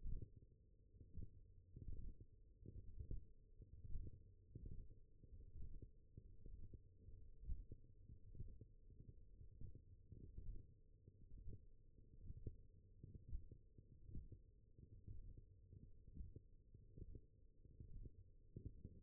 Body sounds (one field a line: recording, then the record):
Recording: forearm muscle sounds (acoustic myography)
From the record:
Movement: finger pinch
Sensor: system 1, eight BSWA MPA416 microphones around the upper forearm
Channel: 7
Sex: male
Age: 21 years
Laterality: right